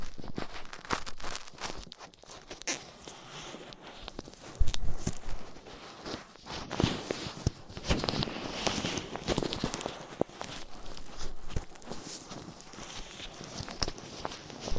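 Ear cleaning with latex gloves, a dental pick and cotton swabs: dense crackling, scraping and rubbing with frequent sharp clicks throughout.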